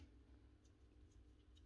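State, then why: Not seated. A plastic back cover is handled and pushed toward a nail gun body during reassembly, giving faint ticking contact sounds over a steady low hum. Nothing has seated or clicked into place yet.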